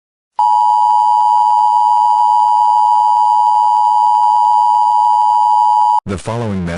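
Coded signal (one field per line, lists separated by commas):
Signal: Emergency Alert System (SAME) tones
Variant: 853 and 960 Hz attention tone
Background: speech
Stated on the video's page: Fictional EAS scenario, simulated alert.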